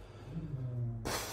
Sorry about the dog snoring. It really is annoying. Oh, it's so loud.